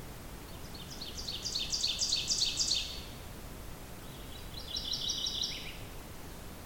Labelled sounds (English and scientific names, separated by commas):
Ovenbird (Seiurus aurocapilla) song